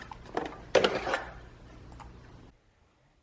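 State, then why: Released. A plastic window switch assembly is pried out of a Miata center console with light pressure. After a few small clicks and scrapes, a loud pop at 0.8 s marks the switch popping free of the console, followed by some rattling before it goes quiet. No one talks.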